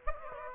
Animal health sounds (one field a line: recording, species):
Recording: mosquito wingbeat signal from an infrared sensor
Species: Aedes aegypti